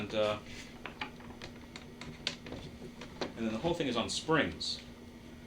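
Someone talks while handling the spring-mounted top panel of a wooden harmonium, pushing it back toward its place in the instrument case. A few short, light knocks and taps come through under the voice, the sharpest near 2.3 s. Nothing has seated or clicked into place yet when the clip ends.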